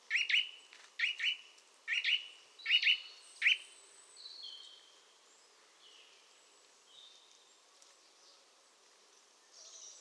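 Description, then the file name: Eurasian nuthatch giving a quick run of five high calls, most of them doubled, then quieter scattered high whistles fill the rest. "Sitta europaea"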